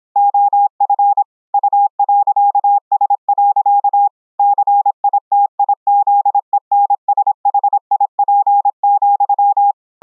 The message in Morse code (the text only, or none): OF U.S. CITIZENSHIP,